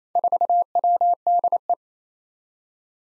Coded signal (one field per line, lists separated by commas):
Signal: Morse code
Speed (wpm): 28 wpm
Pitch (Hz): 700 Hz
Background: none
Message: 4WDE